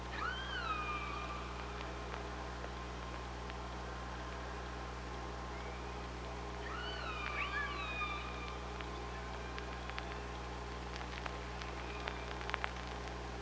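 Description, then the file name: Killer whale calls, repeated curving harmonic calls that swoop up and down in clusters, then a run of sharp clicks toward the end, all over steady underwater hum. Killer whales on OrcaLab hydrophone, 24 August 2017, 05:25:18. "Orca Lab UTLN JASON 20170824 052518"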